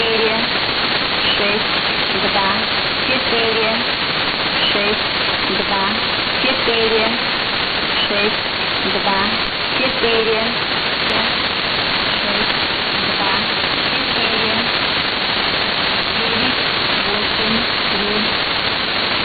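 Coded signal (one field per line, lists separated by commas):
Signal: numbers station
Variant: S06s, Russian female voice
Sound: faint female voice reading short, evenly spaced words through loud hissing radio static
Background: heavy radio static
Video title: 19 04 2019 S06s Russian Lady numbers station in Russian to Eu 0900 on 5744 unknown tx site USB+AM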